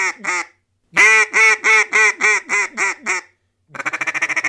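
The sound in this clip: Duck quacking in loud rapid series of harsh, nasal quacks, broken by short pauses, with a faster buzzy run of quacks at the end.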